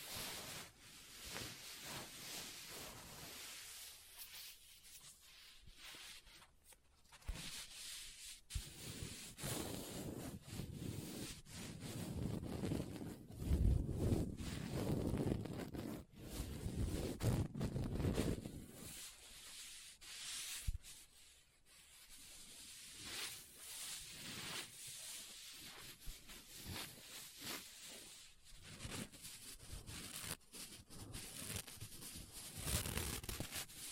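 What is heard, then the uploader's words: Dry scratching and rubbing on a book, with soft papery sweeps that suggest pages turning. The sound comes in uneven bursts with brief quiet gaps. A fuller, lower rustle swells around the middle, roughly 12 to 18 seconds in. ASMR Book Tapping, Scratching, Page Turning(No Talking).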